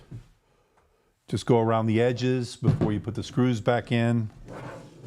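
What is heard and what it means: Someone talks while handling the bottom cover of an Asus Vivobook Pro 15 OLED laptop, pressing around the edges of the plastic/metal bottom panel so its retaining clips go back into the chassis. Nothing has seated or clicked yet; the clip ends just before the cover snaps home.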